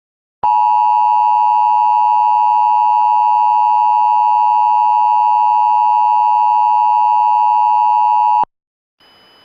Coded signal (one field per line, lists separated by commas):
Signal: Emergency Alert System (SAME) tones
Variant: 853 and 960 Hz attention tone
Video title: EAS Mock 42: WQSB Moment